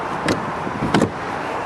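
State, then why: Seated. The trunk divider of a 2012 Volkswagen Eos 2.0T Komfort convertible is pulled into position before the top is lowered and locked into its side latches. Two short clicks are heard at 0.3 s and 1.0 s over a steady background. The divider is seated and locked on both sides.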